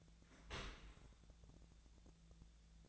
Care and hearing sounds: daily activity, microphone in the room; open dishwasher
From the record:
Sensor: 3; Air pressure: 1000.5 hPa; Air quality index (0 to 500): 176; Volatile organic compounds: 3 ppm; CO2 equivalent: 1523 ppm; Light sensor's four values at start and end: 14/37/14/16 and 14/37/14/16

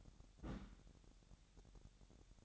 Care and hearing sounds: daily activity, microphone in the room; place on stove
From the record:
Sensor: 3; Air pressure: 1012.0 hPa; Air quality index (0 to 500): 204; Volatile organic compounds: 3 ppm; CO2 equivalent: 1525 ppm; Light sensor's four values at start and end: 109/257/105/93 and 108/256/105/93

